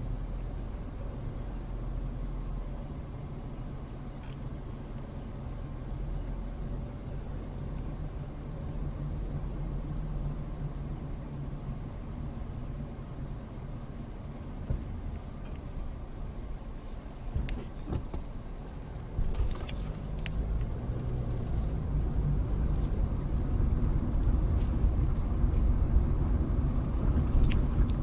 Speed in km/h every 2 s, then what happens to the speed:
13, 13, 13, 15, 16, 13, 10, 3, 3, 10, 18, 24, 26, 26.
0-8 steady at about 13. 8-14 slows to 3. 16-22 speeds up to 24. 22-28 steady at about 26.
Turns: 16-21.